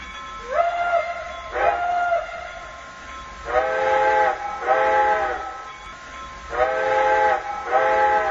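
A steam train whistle sounds at Tân An railway station at six o'clock: two short rising toots, then four longer, loud, harmonically rich blasts in pairs, shrill and steady, with no voices.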